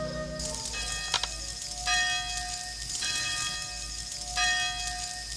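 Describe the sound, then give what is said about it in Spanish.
A church bell tolls during a storm in slow, evenly spaced strokes, about four rich ringing peals that hang and fade, over a steady rain-like hiss with no voices. “¿Quién tocará a esta hora?”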